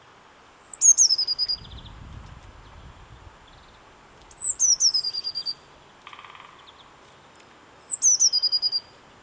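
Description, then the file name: Eurasian blue tit delivering three high, sibilant phrases, each opening with a sharp descending note and ending in a rapid trill, with a faint low rumble briefly underneath. "Cyanistes caeruleus"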